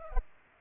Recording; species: mosquito wingbeat signal from an infrared sensor; Culex pipiens